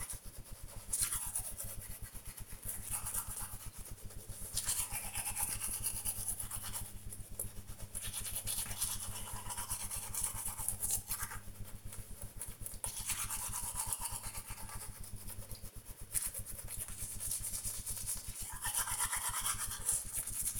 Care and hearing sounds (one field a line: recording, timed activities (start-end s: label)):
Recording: household activities, microphone on the right wrist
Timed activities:
0.00-20.60 s: brushing teeth